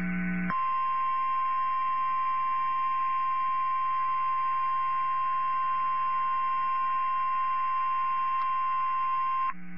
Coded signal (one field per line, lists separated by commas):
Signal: Emergency Alert System (SAME) tones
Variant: 1050 Hz attention tone